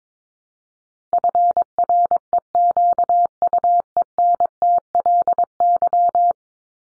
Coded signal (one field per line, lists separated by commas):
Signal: Morse code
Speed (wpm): 22 wpm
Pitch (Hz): 700 Hz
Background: none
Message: FREQUENTLY